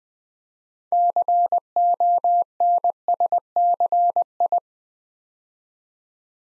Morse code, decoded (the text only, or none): CONSCI